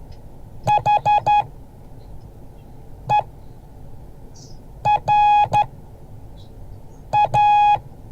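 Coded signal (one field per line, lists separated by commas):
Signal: Morse code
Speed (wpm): 12 wpm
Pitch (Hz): 830 Hz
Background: none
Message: HERA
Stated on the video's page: Morse code class.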